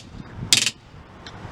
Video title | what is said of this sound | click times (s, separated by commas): Yakima 8007387 CBX 16 Cargo Box | This sound indicates that your box has been properly torqued to the correct specification. | 0.5 s, 0.7 s